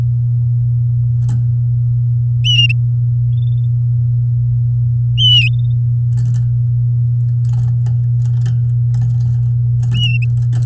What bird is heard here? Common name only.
Domestic Canary